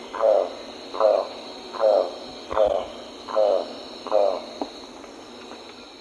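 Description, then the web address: Golden-collared toucanet with a run of six rough, low croaks at an even pace, then a short click and quiet hiss. Song from the eastern lowlands of South America. "Natures Songs S America Eastern Lowlands. Selenidera reinwardtii, song"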